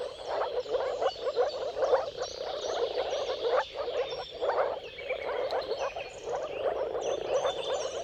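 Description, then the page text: Moor frogs in a thick bubbling chorus, with a few bird whistles. Chorus of mating calls from many moor frogs at sunrise, at the turn of March and April, timing depending on the weather. "Dawn’s Chorus: Mating Calls of Marsh Frogs at Sunrise. Depending on the weather at the turn of March and April, you can witness an amazing spectacle of moor frogs. Jakub-Orzecki moor frogs"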